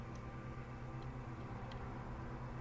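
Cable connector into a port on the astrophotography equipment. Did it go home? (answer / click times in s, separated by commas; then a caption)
no / none. A cable connector is pushed into a port on astrophotography equipment over a steady low hum and broadband noise, with only a few faint, brief high-pitched ticks. No click is heard, and the connector has not clicked or fully seated yet.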